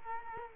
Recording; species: mosquito wingbeat signal from an infrared sensor; Culex quinquefasciatus